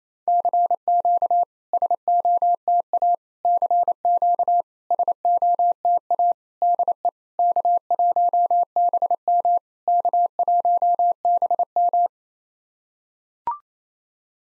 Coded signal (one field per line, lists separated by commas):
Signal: Morse code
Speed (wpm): 28 wpm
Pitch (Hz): 700 Hz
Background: none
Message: CQ SOTA CQ SOTA DE K1BM K1BM